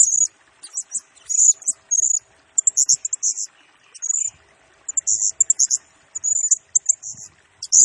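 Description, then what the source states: Blue-crowned hanging parrot song: dense series of shrill high notes and squeaky trills with only short pauses. Lure and tutor recording for training and attracting birds; bird sings energetically (gacor) in rapid nembak style, said to stir up all other birds.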